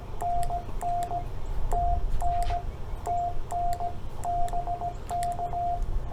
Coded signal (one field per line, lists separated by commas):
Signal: Morse code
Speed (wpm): 16 wpm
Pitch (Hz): 700 Hz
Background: radio noise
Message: NN TN TN BK